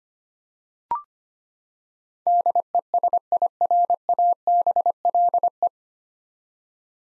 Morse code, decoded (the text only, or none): DESIRABLE